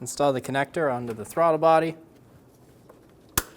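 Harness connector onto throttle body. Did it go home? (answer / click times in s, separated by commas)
yes / 3.4 s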